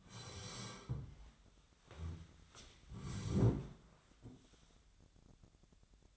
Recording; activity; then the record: daily activity, microphone in the room; sit down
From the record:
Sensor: 3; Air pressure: 1015.2 hPa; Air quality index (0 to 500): 179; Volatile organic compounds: 17 ppm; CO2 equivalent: 2568 ppm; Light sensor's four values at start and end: 14/37/15/16 and 14/36/14/15